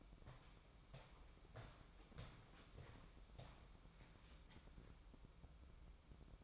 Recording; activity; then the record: daily activity, microphone in the room; walk to room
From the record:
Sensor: 1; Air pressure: 1008.2 hPa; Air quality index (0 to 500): 139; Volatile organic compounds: 2 ppm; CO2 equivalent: 1167 ppm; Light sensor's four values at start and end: 9/22/9/9 and 9/22/9/10